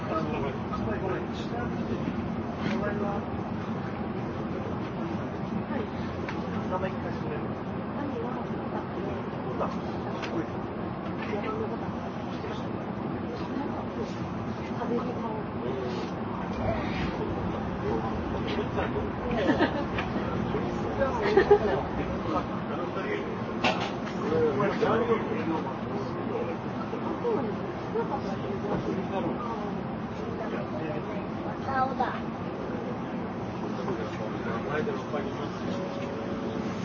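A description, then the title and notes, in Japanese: A JR N700 series train runs with a steady, dense rumble and hum under constant murmuring voices, with a brief louder knock near twenty-one seconds. JRN700系 京都〜新横浜。ひかり530号に乗車し、録音しました。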